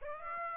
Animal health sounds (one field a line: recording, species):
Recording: mosquito wingbeat signal from an infrared sensor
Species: Aedes aegypti